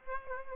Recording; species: mosquito wingbeat signal from an infrared sensor; Aedes aegypti